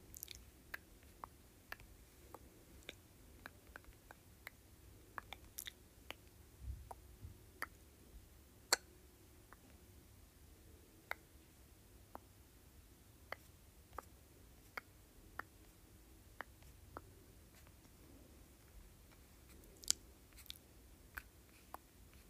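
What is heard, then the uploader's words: Tongue clicking: sharp, brief clicks scattered irregularly throughout, several per second, over a soft low rumble, with occasional louder snaps. ASMR Tongue Clicking.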